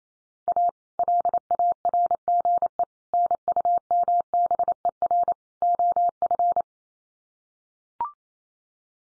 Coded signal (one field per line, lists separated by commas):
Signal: Morse code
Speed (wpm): 28 wpm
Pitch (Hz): 700 Hz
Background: none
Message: A LARGE NUMBER OF